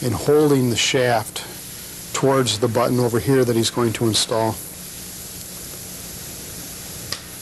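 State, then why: Seated. Someone talks as a technician holds the end of an extension against an adjustment button and presses the shaft toward it to fit the button into an office chair tilt mechanism. After the talk stops, a single short, sharp click at 7.1 s rises above a steady low background hum. The button snaps into place, seated.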